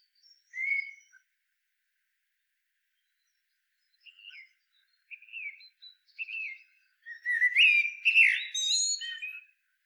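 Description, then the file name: Common blackbird with scattered short whistled notes, building to a fluted low whistle followed by a squeaky high twitter near the end. "Turdus merula"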